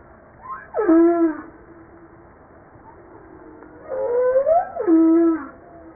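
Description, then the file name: Humpback whale song: a steep downward swoop settling into a steady mid-pitched tone, then a rising whoop that bends back down. Recorded on 5 March 1994. "Baleine a bosse 940305-1022"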